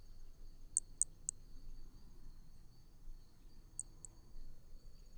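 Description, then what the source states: Brachycephalus hermogenesi with tiny high-pitched chirps, three in quick succession, then two more about two and a half seconds later. Picinguaba, Brazil, 13 December 2017, at 5 to 20 cm from the animal; individual 4, example 3.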